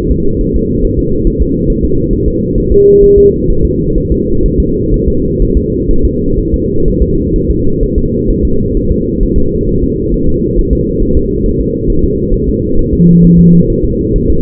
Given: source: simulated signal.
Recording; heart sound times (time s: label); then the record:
fetal heart sounds
0.12 s: S2
0.41 s: S1
0.56 s: S2
0.84 s: S1
0.99 s: S2
1.27 s: S1
1.42 s: S2
1.70 s: S1
1.84 s: S2
2.13 s: S1
2.28 s: S2
2.58 s: S1
2.72 s: S2
3.03 s: S1
3.18 s: S2
3.50 s: S1
3.65 s: S2
3.98 s: S1
4.12 s: S2
4.46 s: S1
4.60 s: S2
4.94 s: S1
5.08 s: S2
5.42 s: S1
5.57 s: S2
5.91 s: S1
6.05 s: S2
6.39 s: S1
6.54 s: S2
6.88 s: S1
7.02 s: S2
7.36 s: S1
7.50 s: S2
7.83 s: S1
7.98 s: S2
8.30 s: S1
8.45 s: S2
8.77 s: S1
8.91 s: S2
9.23 s: S1
9.38 s: S2
9.69 s: S1
9.84 s: S2
10.14 s: S1
10.29 s: S2
10.59 s: S1
10.73 s: S2
11.02 s: S1
11.17 s: S2
11.46 s: S1
11.61 s: S2
11.90 s: S1
12.04 s: S2
12.34 s: S1
12.49 s: S2
12.79 s: S1
12.94 s: S2
13.24 s: S1
13.39 s: S2
13.70 s: S1
13.84 s: S2
14.16 s: S1
14.30 s: S2
From the record:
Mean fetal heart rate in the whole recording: 130 bpm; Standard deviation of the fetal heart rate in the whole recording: 4 bpm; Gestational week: 38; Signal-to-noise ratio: -16.4 dB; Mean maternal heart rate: 72 bpm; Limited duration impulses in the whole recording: present